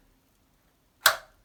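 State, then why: Seated. A Venetian blind headrail is pushed up into a wall-mounted bracket until it snaps home. After near silence, a single sharp click sounds at 1.1 s, with a brief decaying ring. The headrail is seated in the bracket.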